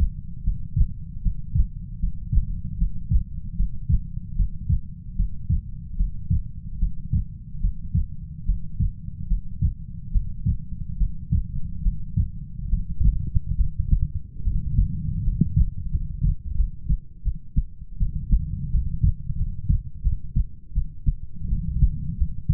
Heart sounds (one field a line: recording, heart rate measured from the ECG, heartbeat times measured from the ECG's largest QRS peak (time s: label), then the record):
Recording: heart sounds by stethoscope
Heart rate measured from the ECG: 77 bpm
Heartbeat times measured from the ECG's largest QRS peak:
0.44 s: heartbeat
1.22 s: heartbeat
2.00 s: heartbeat
2.78 s: heartbeat
3.56 s: heartbeat
4.36 s: heartbeat
5.16 s: heartbeat
5.96 s: heartbeat
6.79 s: heartbeat
7.60 s: heartbeat
8.45 s: heartbeat
9.27 s: heartbeat
10.11 s: heartbeat
10.97 s: heartbeat
11.82 s: heartbeat
12.69 s: heartbeat
13.56 s: heartbeat
14.43 s: heartbeat
15.23 s: heartbeat
15.90 s: heartbeat
16.55 s: heartbeat
17.23 s: heartbeat
17.98 s: heartbeat
18.70 s: heartbeat
19.36 s: heartbeat
20.02 s: heartbeat
20.73 s: heartbeat
21.48 s: heartbeat
22.17 s: heartbeat
From the record:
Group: healthy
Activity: breath hold 0-15 s, rest 15-23 s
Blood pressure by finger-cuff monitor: 101/62 mmHg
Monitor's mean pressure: 77 mmHg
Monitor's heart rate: 77 bpm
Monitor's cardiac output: 7.1 L/min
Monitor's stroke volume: 90 mL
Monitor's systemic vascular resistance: 800 dyn s/cm5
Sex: female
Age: 19 years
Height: 163 cm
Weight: 48.9 kg